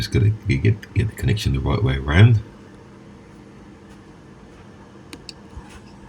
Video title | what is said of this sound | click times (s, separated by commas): E Dirt bike Parts Replaced Repaired | you hear that click, so that's connected. | 5.1 s, 5.3 s